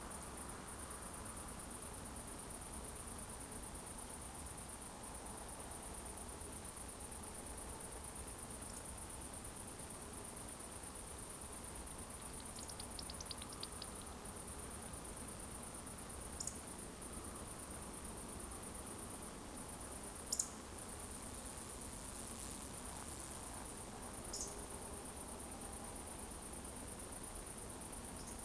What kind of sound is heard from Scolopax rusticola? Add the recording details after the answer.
whistle, croak. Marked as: whistle, whistle, whistle, whistle, whistle, whistle, croak, whistle, whistle. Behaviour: display flight. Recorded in Baden-Württemberg, Germany, on 25 June 2020 at 20:34 UTC. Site 14569, 102 m above sea level